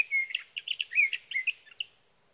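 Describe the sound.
Sage thrasher singing a rapid, jumbled warble of varied chirps and short slurred whistles, tumbling along against a silent background.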